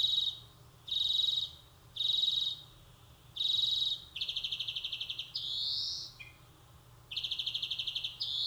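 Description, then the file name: European greenfinch calling with buzzy, nasal notes repeated about once a second, followed by rapid pulsed trills and a rising wheezy note. "Chloris chloris"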